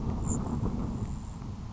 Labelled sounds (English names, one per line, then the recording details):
Grasshopper Sparrow
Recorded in Sonoma County, California